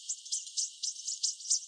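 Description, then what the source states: American bushtit calls: a rapid run of thin, high twittering notes, about four per second. Vocalizations.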